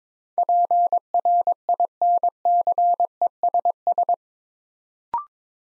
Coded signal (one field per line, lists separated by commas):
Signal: Morse code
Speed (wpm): 22 wpm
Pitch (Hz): 700 Hz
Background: none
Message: PRINCESS